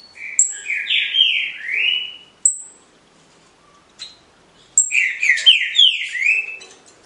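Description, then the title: Green-winged Saltator song: two bursts of rich, slurred whistled phrases, each note sweeping downward, mixed with thin high squeaky notes and a short pause between bursts. 9-month-old young bird from a breeder in Cambé, Paraná, Brazil; song style labelled Voz 06. "Canto De Trinca Ferro Voz 06. FILHOTE COM 09 MESES CRIATÓRIO DO NEGO (Cambé Pr)"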